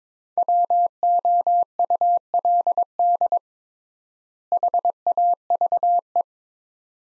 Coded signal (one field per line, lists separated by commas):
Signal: Morse code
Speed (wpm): 22 wpm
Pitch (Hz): 700 Hz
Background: none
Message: WOULD HAVE